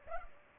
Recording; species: mosquito wingbeat signal from an infrared sensor; Culex pipiens